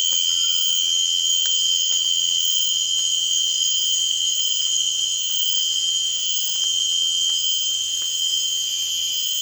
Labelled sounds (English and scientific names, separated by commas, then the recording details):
none
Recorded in dense forest near Puerto Asís, Putumayo, Colombia, on 25 June 2025 at 01:00
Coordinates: 0.468, -76.322
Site GP03